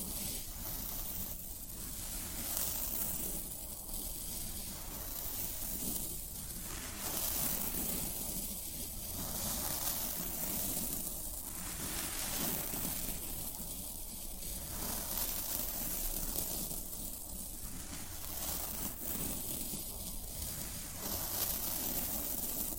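Floral foam gives off a dense, steady crackling hiss, like fine rain on a surface, with a soft low rumble underneath. Every two to three seconds the sound thins briefly in the middle range, giving a slow, regular pulse. Sharp little crunches stand out now and then.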